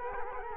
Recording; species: mosquito wingbeat signal from an infrared sensor; Culex quinquefasciatus